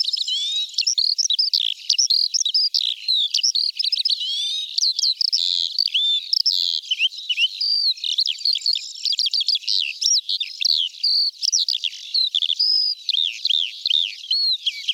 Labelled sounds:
Eurasian Skylark song
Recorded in the wild
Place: Nagyivan / Hortobagy Nationalpark, HU
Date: 1990-05-15
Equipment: stereo
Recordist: Schwarz, Dieter

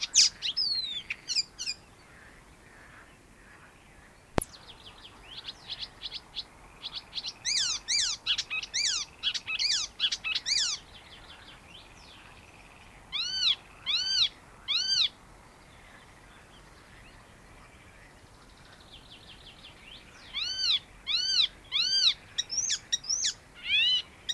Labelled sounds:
Icterine Warbler
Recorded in the wild
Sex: pair
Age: adult
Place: Möhrendorf, Bayern, DE
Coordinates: 49.6361, 10.9861
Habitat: pond
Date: 1962-05-31
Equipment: Stellavox SM 5, Original, Vollspur
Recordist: Tretzel, Erwin

